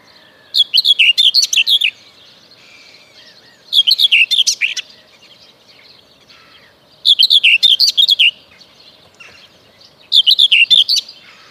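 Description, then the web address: Common whitethroat song: four brief, jerky warbling phrases of rapid scratchy notes, each just over a second, delivered about every three seconds. "Kurs PTTK Kurs materiały Przyroda Ptaki Cierniówka"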